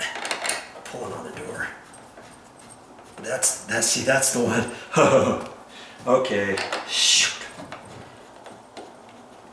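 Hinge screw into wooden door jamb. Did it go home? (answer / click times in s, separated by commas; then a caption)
no / 7.7 s, 8.8 s. While a door hinge is adjusted to close the gap, a hinge screw is driven into the wooden door jamb, with sharp clicks at 7.7 s and 8.8 s. Someone talks throughout. The screw will not tighten and just spins in the hole, because the hole was stripped out.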